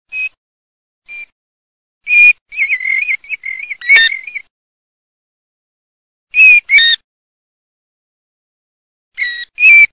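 Plover calls: short clear whistles, then a rapid warbling run of whistled notes for about two seconds, later paired downslurred whistles separated by silence.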